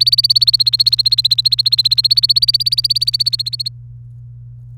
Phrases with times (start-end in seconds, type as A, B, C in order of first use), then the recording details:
0.00-3.68 A. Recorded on 29 April 2018 at 10:34. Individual llb3